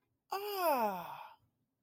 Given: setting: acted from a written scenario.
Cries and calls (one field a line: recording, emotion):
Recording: vocal sound without words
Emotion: realization